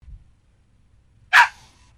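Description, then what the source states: Dog giving one short, sharp bark after a stretch of quiet. Small dog barking in an apartment.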